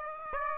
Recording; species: mosquito wingbeat signal from an infrared sensor; Aedes aegypti